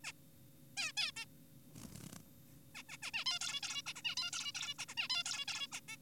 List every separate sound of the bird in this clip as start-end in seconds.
0.04-0.12, 0.77-0.92, 0.97-1.12, 1.16-1.25, 2.75-2.83, 2.89-2.97, 3.02-3.11, 3.14-3.24, 3.26-3.39, 3.41-3.61, 3.63-3.82, 3.86-3.93, 3.96-4.02, 4.05-4.15, 4.17-4.31, 4.33-4.52, 4.55-4.74, 4.79-4.85, 4.88-4.95, 4.98-5.08, 5.10-5.23, 5.26-5.46, 5.48-5.67, 5.72-5.80, 5.88-5.97